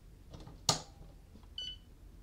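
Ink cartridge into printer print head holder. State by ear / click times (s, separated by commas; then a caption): seated / 0.7 s. An ink cartridge is set top first into the print head holder of a Canon Pixma TR8620a/TR8622 printer, then pressed down with one finger. After a faint rustle near 0.3 s, a sharp click at 0.7 s marks it snapping home. A tonal beep from the printer at about 1.6 s confirms the cartridge is seated.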